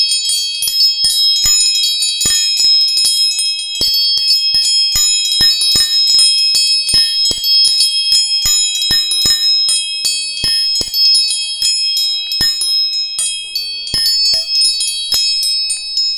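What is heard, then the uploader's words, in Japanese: Tuning forks are struck again and again, leaving a dense layer of pure, high ringing tones that hang steadily throughout. Sharp metallic taps land irregularly, often several per second, with a fainter lower tone humming underneath. 音叉チューニング 第2チャクラ。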